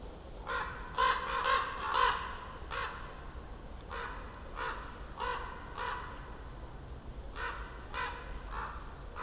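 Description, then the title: Common raven calls, a rapid run of rough croaking notes, several in quick succession, then further spaced croaks against a quiet low rumble. Ravens circling above the recordist, who crouched among young beeches on Patnik mountain side, Goworów, Poland, for over ten minutes; New Year's walk; Zoom F4, AT BP4025. "Patnik mountain side, Goworów, Poland - Circling ravens"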